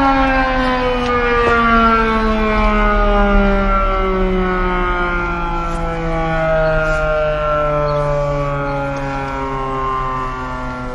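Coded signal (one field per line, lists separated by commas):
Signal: siren signal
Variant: Federal Signal Model 5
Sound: loud mechanical siren tone, steadily winding down in pitch with strong harmonics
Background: outdoor ambience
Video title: Classic Siren Recordings - Federal Signal Model 5 short alert (intense!)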